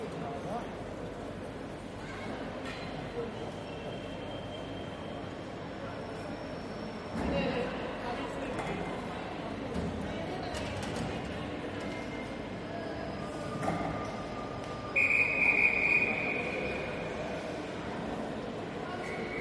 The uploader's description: recorded at Newcastle's Central Station